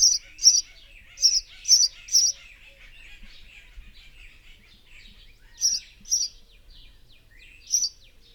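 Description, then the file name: House sparrow chirps, bright cheeps in a quick burst of five, then a pause and a few more, over a soft background twitter. "Passer domesticus"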